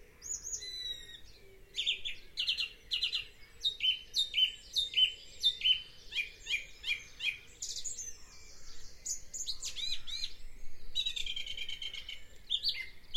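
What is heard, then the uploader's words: A dawn chorus of many birds singing at once, with bright, rapid chirps and trills layered over each other throughout. One bird repeats a clear, regular phrase from about two to seven seconds, then other singers take over with buzzy runs. A faint low hum sits underneath. 4am mindfulness & the morning chorus. The dawn chorus and the little sparrow that started it all.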